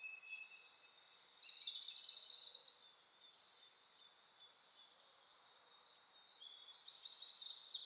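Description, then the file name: Eurasian wren song: a high sustained buzzy trill, a quiet gap, then a burst of loud, rapid, very high trilled notes. "Troglodytes troglodytes"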